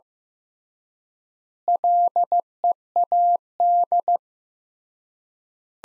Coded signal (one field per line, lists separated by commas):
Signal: Morse code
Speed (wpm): 15 wpm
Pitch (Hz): 700 Hz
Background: none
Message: LEAD